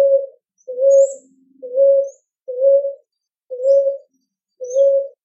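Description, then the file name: Ruddy ground dove giving repeated soft, flat, low coos at roughly one-second intervals, with faint high chirps from other birds. "Rolinha roxa"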